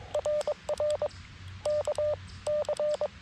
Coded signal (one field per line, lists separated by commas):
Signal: Morse code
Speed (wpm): 22 wpm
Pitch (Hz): 600 Hz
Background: radio noise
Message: RR K C